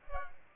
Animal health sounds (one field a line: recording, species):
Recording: mosquito wingbeat signal from an infrared sensor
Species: Culex pipiens